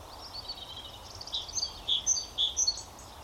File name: Parus major